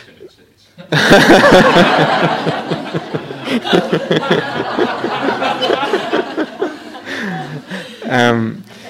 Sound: laughter